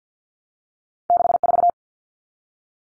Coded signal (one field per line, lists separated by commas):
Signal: Morse code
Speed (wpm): 50 wpm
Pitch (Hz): 700 Hz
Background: none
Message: 64